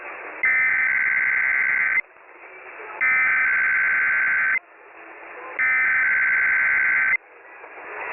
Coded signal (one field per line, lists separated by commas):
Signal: Emergency Alert System (SAME) tones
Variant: header bursts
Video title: KDKA RWT + Amplify Theme (EAS #1219)